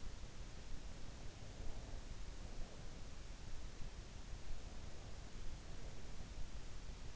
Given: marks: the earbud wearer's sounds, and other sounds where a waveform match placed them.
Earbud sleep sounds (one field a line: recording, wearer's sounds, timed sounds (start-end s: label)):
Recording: sounds in sleep by an in-ear microphone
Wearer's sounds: breath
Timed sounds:
1.02-3.52 s: breath